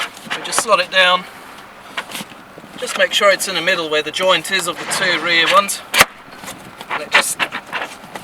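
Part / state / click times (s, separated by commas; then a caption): aluminium floor locking rail into the floorboard joint of an inflatable boat / seated / 7.1 s. A short aluminium locking rail is slotted down at the rear of a Talamex HLX400 inflatable boat's aluminium floorboard, centred over the joint between the two rear floor panels, and pushed home while someone talks. It clicks into place at 7.2 s with a sharp, loud click, seating the final rail.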